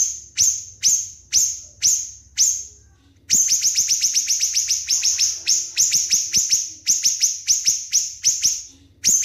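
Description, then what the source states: Spiderhunter song: a few slow, sharp high notes, a brief pause, then a fast, steady train of piercing descending notes. Loud, clear, long song; recording meant for training other songbirds.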